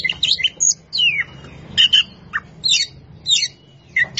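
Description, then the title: Oriental magpie-robin song: short bursts of sweet whistles and scratchy chirps, including a clear downward slurred whistle, separated by brief pauses over a faint low hum. Champion singing bird. "Kicau Burung Kacer Juara"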